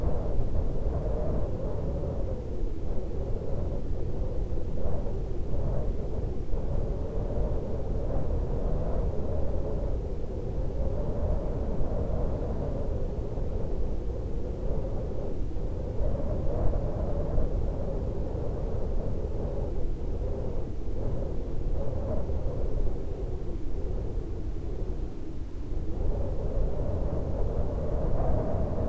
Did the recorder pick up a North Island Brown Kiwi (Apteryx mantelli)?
no